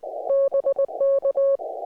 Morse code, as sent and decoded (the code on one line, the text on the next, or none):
-... -.-
BK